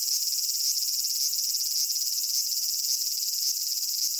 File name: aburazemi cry